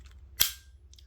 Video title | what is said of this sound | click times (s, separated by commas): $39 Budget Banger to Premium EDC w/Handmade Italian Leather Sheath! 3 DOPE New EDC Fixed Blades! | Does have a nice solid click to it. | 0.4 s